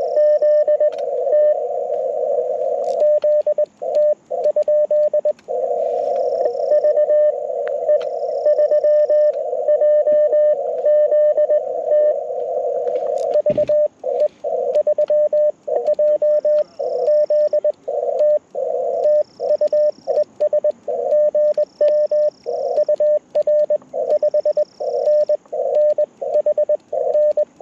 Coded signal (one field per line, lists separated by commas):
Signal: Morse code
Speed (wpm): 21 wpm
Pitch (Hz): 600 Hz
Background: radio noise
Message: ZT ZT? VE3JZT VE3JZT TU ES GM UR 5NN HN